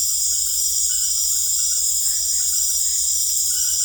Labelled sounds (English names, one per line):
none